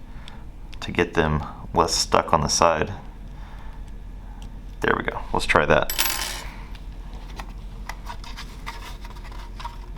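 A plastic battery power plug is handled at a robot's microcontroller power port after its metal prongs are bent so they stop sticking on the side, and it is pushed toward the port again. Bursts of small metallic clinks and plastic clatter come around 1–3 s and again around 5–6 s, with sharp ticks at 0.3 s and 0.7 s, while someone talks. Nothing has seated or clicked yet; the plug is not yet home.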